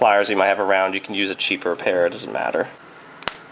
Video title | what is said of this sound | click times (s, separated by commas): How to Change a Watch Battery with Normal Tools | There we go. And there you heard it snap into place, and hopefully that wasn't the glass cover of the watch. | 3.3 s